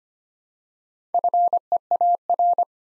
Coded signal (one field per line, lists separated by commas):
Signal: Morse code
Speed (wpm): 25 wpm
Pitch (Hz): 700 Hz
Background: none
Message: FEAR